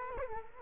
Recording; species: mosquito wingbeat signal from an infrared sensor; Culex quinquefasciatus